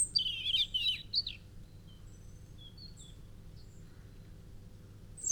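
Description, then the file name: European robin: a fast, high, liquid warbled phrase, then scattered faint thin notes, ending with another high note; soft low rumble beneath. "Erithacus rubecula"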